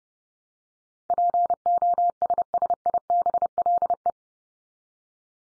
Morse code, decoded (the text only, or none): POSSIBLE